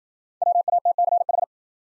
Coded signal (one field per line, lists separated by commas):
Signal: Morse code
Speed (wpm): 52 wpm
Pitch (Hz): 700 Hz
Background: none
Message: WATCH